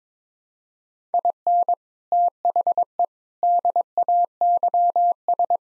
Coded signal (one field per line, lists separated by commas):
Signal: Morse code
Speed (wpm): 22 wpm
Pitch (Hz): 700 Hz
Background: none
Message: IN THE DAYS